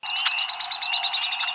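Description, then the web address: Downy woodpecker call: a fast rattle of many sharp, bright notes, running steadily for about one and a half seconds. "steve pelikan dowo"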